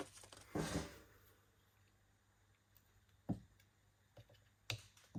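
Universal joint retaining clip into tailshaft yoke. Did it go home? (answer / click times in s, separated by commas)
no / none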